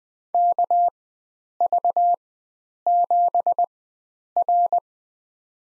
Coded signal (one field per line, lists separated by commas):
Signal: Morse code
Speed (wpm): 20 wpm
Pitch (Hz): 700 Hz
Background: none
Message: KV7R